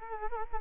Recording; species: mosquito wingbeat signal from an infrared sensor; Culex quinquefasciatus